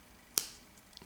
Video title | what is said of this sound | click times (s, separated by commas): Comment enlever l'extracteur d'un FAL? How to remove The extractor of an FAL rifle? | entend le claque ça veut dire que l'outil est sous pression | 0.4 s